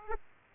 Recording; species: mosquito wingbeat signal from an infrared sensor; Aedes aegypti